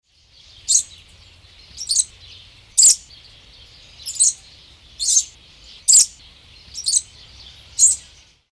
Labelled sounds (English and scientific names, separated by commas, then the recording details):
Papuan Lorikeet (Charmosyna papou)
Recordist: Tembrock, Günter
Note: hohe Kurzlaute